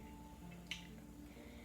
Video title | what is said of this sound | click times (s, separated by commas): (JANSSEN) vaccines | then you're going to hear the click and then give it a little twist | 0.7 s